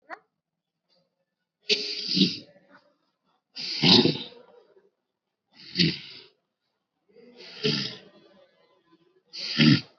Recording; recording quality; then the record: deep breathing; excellent, no background noise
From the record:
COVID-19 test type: RT-PCR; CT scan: not taken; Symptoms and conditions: hypertension, diabetes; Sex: male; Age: 65 years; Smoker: yes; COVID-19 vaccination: both doses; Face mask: worn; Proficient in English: yes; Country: India